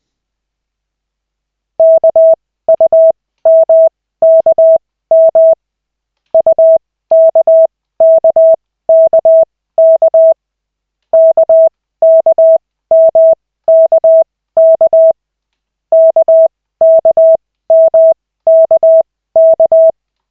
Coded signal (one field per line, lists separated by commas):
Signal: Morse code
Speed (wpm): 20 wpm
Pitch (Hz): 650 Hz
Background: none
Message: KUMKM UKKKK KKMKK KKMKK